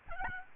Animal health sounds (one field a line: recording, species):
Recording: mosquito wingbeat signal from an infrared sensor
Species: Aedes albopictus